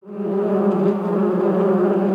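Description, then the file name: Bee buzzing, a steady low hum with a strong drone and overtones that swells in quickly and holds evenly throughout. "Bienen summen"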